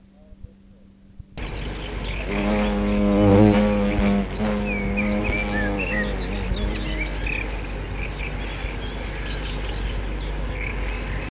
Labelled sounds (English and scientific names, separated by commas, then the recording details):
Hornet (Vespa crabro)
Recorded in the wild
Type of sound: buzzing
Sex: female
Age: imago
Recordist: Meyer, Hugo
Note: Hornisse im Flug: Summen